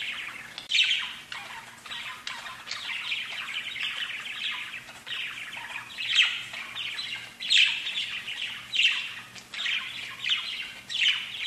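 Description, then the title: Budgerigar warbling: a busy, unbroken twitter of buzzy chirps, with several brighter squeaky notes popping out toward the end. "Budgie Sounds"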